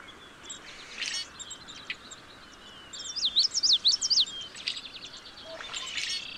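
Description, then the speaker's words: Common yellowthroat gives a rhythmic witchity-witchity-witchity song of several sharp repeated phrases, with faint chirps and trills of other birds around it. Singing from cattails in a Yellowstone marsh at sunrise; song rendered as witchity, witchity, witchity; small olive-green bird with yellow face and black mask, hard to see. "Right there. It sounds like it's saying witchity, witchity, witchity, witchity."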